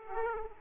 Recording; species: mosquito wingbeat signal from an infrared sensor; Aedes aegypti